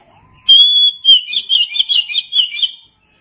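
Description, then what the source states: Oriental magpie-robin opening with a pure held whistle, then a rapid run of warbled, trilling notes for about two seconds. Chirping song.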